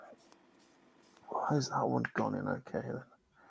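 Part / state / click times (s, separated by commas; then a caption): plastic model kit part into mating kit part / not seated / none. A plastic model kit part is handled and pressed toward its mating kit part during a build, with faint scratchy handling noises and two brief ticks near 0.3 s and 1.2 s before someone talks. Nothing has seated or clicked yet.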